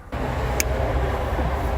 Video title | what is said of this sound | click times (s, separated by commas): The MediaPlex Insider // Tuesday, March 3rd 2026 | Now, that's clicked into place. | 0.6 s